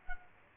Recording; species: mosquito wingbeat signal from an infrared sensor; Culex quinquefasciatus